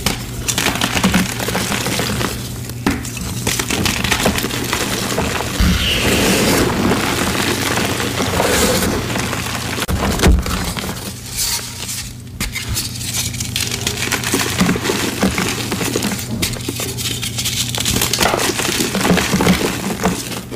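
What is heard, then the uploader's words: Gym chalk blocks are crushed in a nonstop stream of dry, crumbly crunching, dense and steady with brief pauses near 3, 10 and 12 seconds. A low steady hum runs underneath throughout, and a sharper crack stands out around the ten-second mark. Fresh & Dyed Blocks Random Gym Chalk Crushing Compilation. Nonstop asmr crushing sounds.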